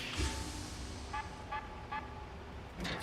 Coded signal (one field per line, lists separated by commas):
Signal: none